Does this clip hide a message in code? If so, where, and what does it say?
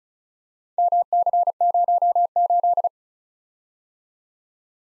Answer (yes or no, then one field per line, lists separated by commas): yes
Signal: Morse code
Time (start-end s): 0.8-2.9 s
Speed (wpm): 36 wpm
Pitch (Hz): 700 Hz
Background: none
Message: MC08